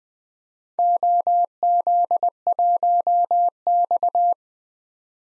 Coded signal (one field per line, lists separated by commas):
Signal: Morse code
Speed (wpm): 20 wpm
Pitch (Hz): 700 Hz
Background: none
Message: OZ1X